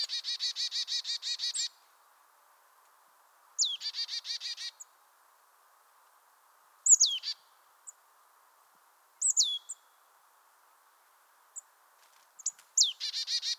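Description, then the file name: Marsh tit giving buzzy chattering call series and sharp downslurred notes, several separate bursts with quiet gaps. "Poecile palustris"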